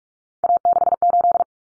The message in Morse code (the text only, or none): A68